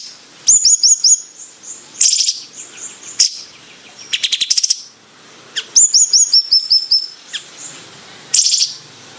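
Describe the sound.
Bayeman song: rapid high trills of repeated sharp notes, alternating with buzzy chirp bursts, including two long trilled phrases.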